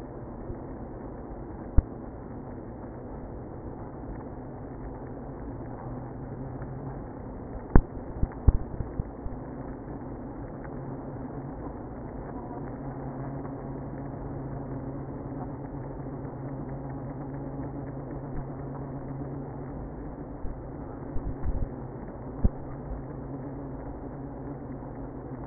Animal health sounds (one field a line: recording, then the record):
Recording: honeybee colony, microphone inside the hive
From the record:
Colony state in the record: queenless (queen removed)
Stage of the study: after two queens were removed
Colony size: about 60,000 bees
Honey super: yes